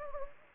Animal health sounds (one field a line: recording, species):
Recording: mosquito wingbeat signal from an infrared sensor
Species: Anopheles gambiae